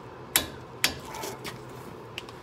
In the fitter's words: that's 147. do it again until you get two clicks that's 295 foot-pounds